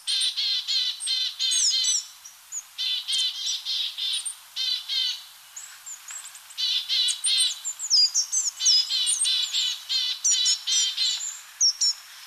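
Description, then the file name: Willow tit giving harsh, buzzy, stacked notes in quick runs, bursts of calls repeated throughout with short pauses, thin higher chips mixed in. "kogara"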